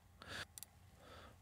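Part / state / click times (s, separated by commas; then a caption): folding tripod leg on a document camera stand / seated / 0.2 s, 0.6 s. Two folding tripod legs on the stand of a ZoomCapture document camera are unfolded until each locks in place, with a click at about 0.2 s and another at about 0.6 s. A short rustling burst surrounds the first click, a second sharp tick follows the later one, and only faint noise remains afterward. Both legs are locked.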